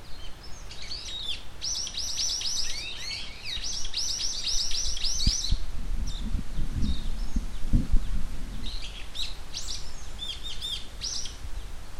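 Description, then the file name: Brown-eared bulbul calls, rapid trilled phrases and shrill downslurred notes in bursts, over low rumbling background noise. "hiyodori"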